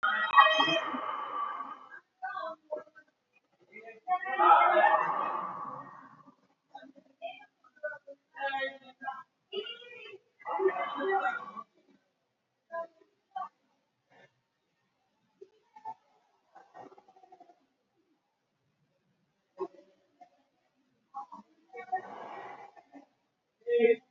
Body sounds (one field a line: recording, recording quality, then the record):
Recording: deep breathing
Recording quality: excellent, no background noise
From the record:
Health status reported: healthy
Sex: male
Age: 37 years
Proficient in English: yes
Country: India